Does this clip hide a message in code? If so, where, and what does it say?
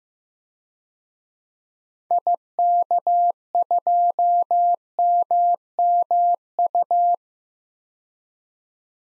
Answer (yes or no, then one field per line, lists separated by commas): yes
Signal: Morse code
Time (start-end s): 2.1-7.1 s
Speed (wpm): 16 wpm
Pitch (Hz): 700 Hz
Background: none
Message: IK2MMU